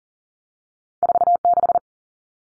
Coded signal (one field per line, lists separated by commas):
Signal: Morse code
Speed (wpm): 40 wpm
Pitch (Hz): 700 Hz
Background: none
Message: 46